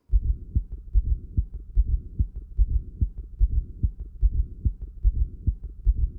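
Regular heartbeat near 73 per minute in a patient with hypertension: loud first and second sounds, with a loud, very low-pitched fourth heart sound (S4) in the presystolic period just before each first sound, caused by atrial emptying into a hypertrophied, non-compliant left ventricle; best heard with the bell.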